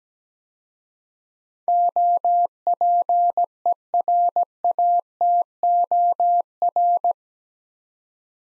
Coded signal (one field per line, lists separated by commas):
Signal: Morse code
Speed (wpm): 17 wpm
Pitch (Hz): 700 Hz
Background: none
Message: OPERATOR